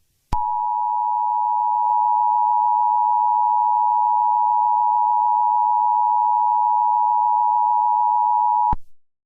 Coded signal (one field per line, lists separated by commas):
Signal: Emergency Alert System (SAME) tones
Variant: 853 and 960 Hz attention tone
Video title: EAS Scenario: Prehistoric Pandemonium (Part 1: The Great Escape)